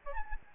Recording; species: mosquito wingbeat signal from an infrared sensor; Aedes albopictus